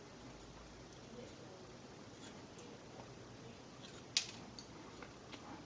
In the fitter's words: you wanna line the pins up and then a pro apply a little pressure on it and it should snap into place